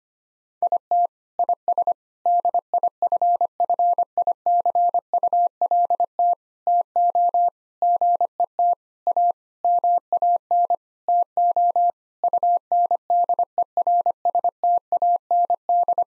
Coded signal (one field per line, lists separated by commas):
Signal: Morse code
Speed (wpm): 25 wpm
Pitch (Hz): 700 Hz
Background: none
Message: IT IS DIFFICULT TO GET A MAN TO UNDERSTAND